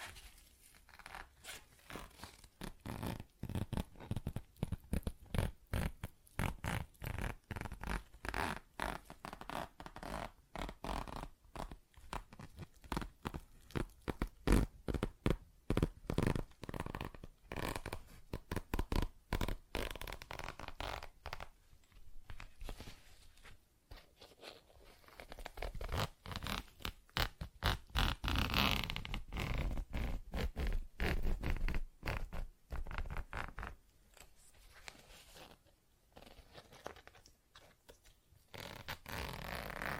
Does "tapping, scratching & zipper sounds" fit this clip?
yes